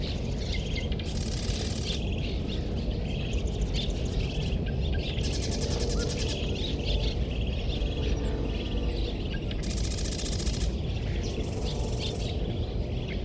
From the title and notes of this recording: Train and Marsh Life, Sierra Valley, 6:53am. Recorded on a steel bridge, the recording includes many barn swallows who nest under the bridge. This stereo recording was made with a pair of Sennhieiser MKH-8020 omnidirectional microphones, mounted on a Jecklin disk baffle.